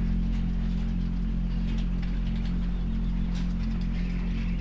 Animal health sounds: poultry house recording; healthy chickens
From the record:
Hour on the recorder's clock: 4

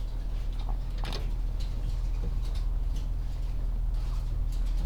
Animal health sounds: poultry house recording; sick chickens (respiratory disease)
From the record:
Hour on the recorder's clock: 14

